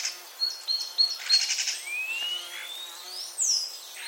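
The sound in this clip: Common starling vocalising: quick clicks and short buzzy bursts, then a long thin whistle rising slowly, ending in a sharp high note.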